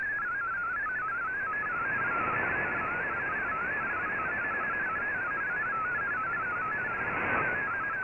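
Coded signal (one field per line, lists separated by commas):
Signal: multi-tone FSK (Olivia or MFSK type)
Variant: MFSK16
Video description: Here is my decode of the Shortwave Radiogram broadcast today on 15770Khz shortwave radio at 1300UTC in MFSK16, 32 and 64 and with 10 SSTV images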